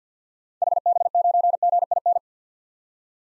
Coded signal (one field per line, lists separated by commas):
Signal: Morse code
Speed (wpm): 46 wpm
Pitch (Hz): 700 Hz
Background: none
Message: HB9GIN